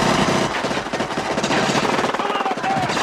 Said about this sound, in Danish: Der løber bare folk rundt med gevær og skyder hinanden i fjæset. Og så spørger han, om det var et uheld.